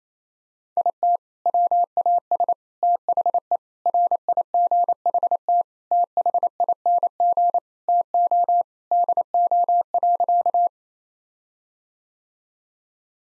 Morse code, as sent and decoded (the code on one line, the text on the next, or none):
.. - / .-- .- ... / - .... . / .-. .. --. .... - / - .... .. -. --. / - --- / -.. --- .-.-.-
IT WAS THE RIGHT THING TO DO.